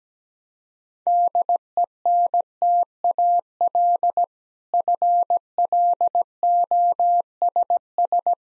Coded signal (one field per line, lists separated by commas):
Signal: Morse code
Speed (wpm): 17 wpm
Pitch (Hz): 700 Hz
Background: none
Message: DENTAL FLOSS